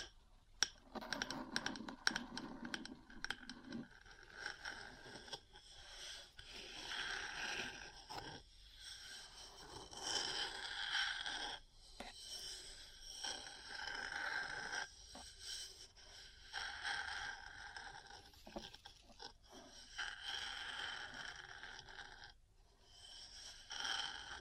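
Metal parts tap and scratch against each other in an uneven, busy stream of clicks and scraping strokes. Sharp ticks cluster densely in the first two seconds, then longer rasping scrapes come and go through the rest, with brief quiet gaps around eight, thirteen and twenty-two seconds.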